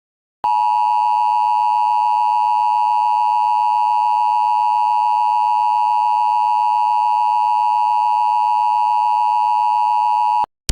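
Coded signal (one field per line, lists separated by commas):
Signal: Emergency Alert System (SAME) tones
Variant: 853 and 960 Hz attention tone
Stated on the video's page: Fictional scenario, not a real alert.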